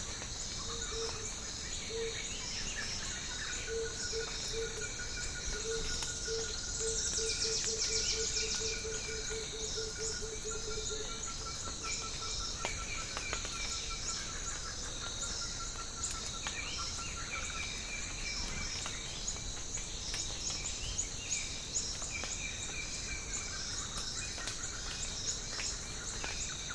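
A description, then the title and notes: Morning in a rainforest patch, with a dense, steady insect chorus holding high bright bands throughout. A low hooting pulse repeats in bursts between about 2 and 11 seconds, like a coucal, while small bird calls and scattered drip-like clicks sound over the even background. Morning In Rainforest Savanna - Coucal Bursting Into Song. Morning at a patch of rainforest in the Congo Plateaux savanna. Lush birdsong, fog drip and Blue-headed Coucal song.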